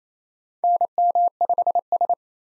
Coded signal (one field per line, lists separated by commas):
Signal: Morse code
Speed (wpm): 27 wpm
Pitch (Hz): 700 Hz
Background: none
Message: NM5S